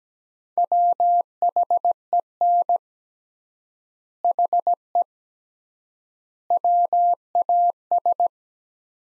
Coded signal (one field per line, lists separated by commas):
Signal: Morse code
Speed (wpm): 17 wpm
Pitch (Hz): 700 Hz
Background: none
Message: WHEN HE WAS